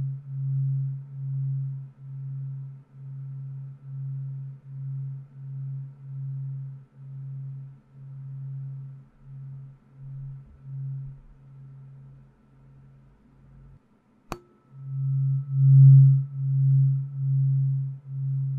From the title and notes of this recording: 音叉療癒 淨化心靈 Tuning Fork(OM136.1HZ&4096HZ) No Talking.